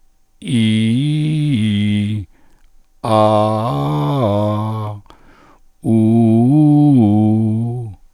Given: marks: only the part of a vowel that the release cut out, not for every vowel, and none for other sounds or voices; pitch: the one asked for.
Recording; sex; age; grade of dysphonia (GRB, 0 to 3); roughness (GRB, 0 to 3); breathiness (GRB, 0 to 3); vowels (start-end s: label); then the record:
sustained vowels; male; 60 to 69 years; 1; 0; 1
0.67-2.10 s: vowel /i/, low-high-low pitch
3.32-4.73 s: vowel /a/, low-high-low pitch
5.99-7.60 s: vowel /u/, low-high-low pitch
From the record:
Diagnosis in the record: cordectomy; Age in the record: 60 years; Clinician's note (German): Zustand nach Chordektomie mit Ersatzstimmband links; kleine Synechie vordere Kommissur